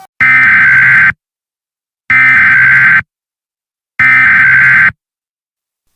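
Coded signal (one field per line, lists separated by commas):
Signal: Emergency Alert System (SAME) tones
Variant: header bursts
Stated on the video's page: Simulated tornado EAS scenario, possibly containing valid EAS tones.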